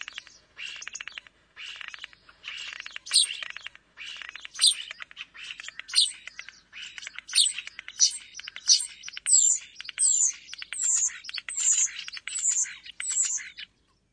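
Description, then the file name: Common starling song, a run of chattering, crackling phrases with sharp whistled notes repeated in quick succession in the second half. "spacek obecny"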